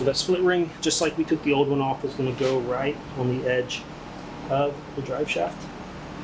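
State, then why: Not seated. Someone talks while a metal split ring from a Mammoth Rzeppa CV joint kit is placed at the edge of a Jeep Wrangler JK drive shaft, over a steady low background hum. The ring is handled, but nothing has seated or clicked into the drive shaft groove yet.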